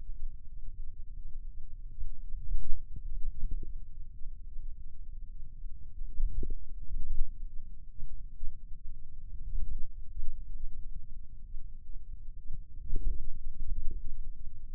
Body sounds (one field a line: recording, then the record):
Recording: forearm muscle sounds (acoustic myography)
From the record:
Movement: wrist flexion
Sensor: system 2, bracelet of six BSWA MPA416 microphones around the upper forearm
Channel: 2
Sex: male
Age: 22 years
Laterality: right